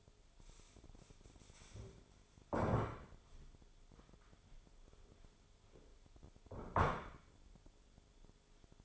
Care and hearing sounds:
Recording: daily activity, microphone in the room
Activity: stand up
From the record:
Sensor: 5

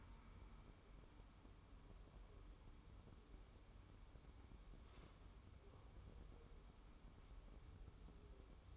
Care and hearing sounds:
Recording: daily activity, microphone in the room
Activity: wipe stove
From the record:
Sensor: 1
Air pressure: 1015.1 hPa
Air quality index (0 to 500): 51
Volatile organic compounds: 1 ppm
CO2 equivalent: 655 ppm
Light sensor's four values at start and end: 14/32/13/15 and 14/32/13/15

